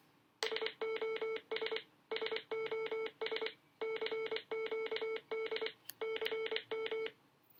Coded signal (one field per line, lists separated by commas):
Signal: Morse code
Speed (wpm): 23 wpm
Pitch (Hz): 2200 Hz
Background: none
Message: SOS SOS CQD CM